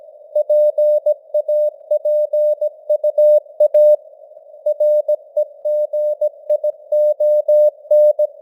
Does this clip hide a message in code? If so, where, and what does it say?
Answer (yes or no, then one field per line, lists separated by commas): yes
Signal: Morse code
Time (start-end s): 0.4-8.3 s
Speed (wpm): 17 wpm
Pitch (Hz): 600 Hz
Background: none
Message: PAPUA REGION